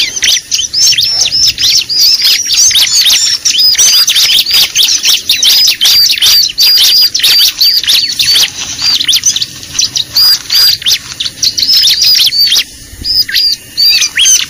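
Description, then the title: Bar-winged prinia calls: a dense stream of high, sharp chirps and short downslurred notes, many overlapping, with brief pauses near thirteen seconds. Lure call used for trapping (pikat). "PIKAT BURUNG CIBLEK"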